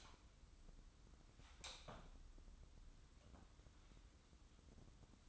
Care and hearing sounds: daily activity, microphone in the room; light on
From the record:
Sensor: 3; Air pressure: 994.4 hPa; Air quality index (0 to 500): 211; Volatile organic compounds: 1000 ppm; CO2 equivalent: 7066 ppm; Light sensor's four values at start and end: 190/458/192/191 and 200/484/204/202

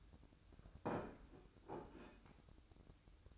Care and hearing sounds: daily activity, microphone in the room; place plate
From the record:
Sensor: 2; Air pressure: 1007.3 hPa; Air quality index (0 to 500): 39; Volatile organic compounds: 1 ppm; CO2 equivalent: 538 ppm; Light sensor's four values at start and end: 6/15/6/6 and 6/15/6/6

